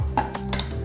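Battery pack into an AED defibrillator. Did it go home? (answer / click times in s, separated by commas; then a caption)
yes / 0.5 s. A battery pack is pushed into an AED defibrillator, the second device, over a low steady hum, with short knocks at about 0.2 and 0.4 seconds. It clicks into place at 0.5 seconds, showing the battery is secure.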